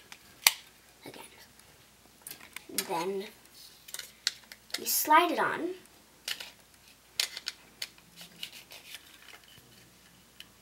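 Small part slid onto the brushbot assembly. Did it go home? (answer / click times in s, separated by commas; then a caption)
no / none. A small part is slid onto a brushbot assembly while a brushbot kit is being built, with short handling taps and scrapes as someone talks. Nothing has seated or clicked into place yet.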